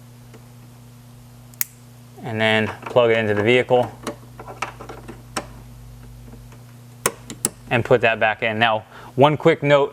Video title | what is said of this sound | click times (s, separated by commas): How to Install our MK7 LED Tail Light Adapter Harness (for Euro Style Light Operation) | And then you can lock it back in place. | 1.6 s